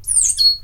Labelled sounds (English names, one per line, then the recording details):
Stitchbird song
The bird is a male
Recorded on Tiritiri Matangi Island, New Zealand, in 2005
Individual 22, of nest box 31